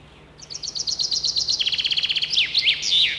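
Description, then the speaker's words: Common Chaffinch song, rattling run of high repeated notes dropping in pitch, closed by a quick emphatic terminal flourish. Song always ends with a characteristic final flourish. "Послушай внимательно его песенку. Она всегда заканчивается вот таким росчерком."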